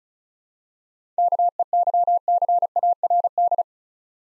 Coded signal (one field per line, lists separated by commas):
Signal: Morse code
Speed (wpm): 36 wpm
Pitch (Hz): 700 Hz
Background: none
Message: KEYCARD